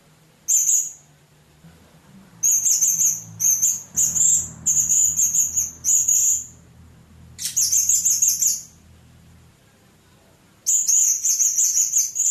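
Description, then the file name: Blue-crowned hanging parrot giving repeated shrill, buzzy high call bursts, some longer than others, separated by short gaps, with a low rumble in the background. "serindit"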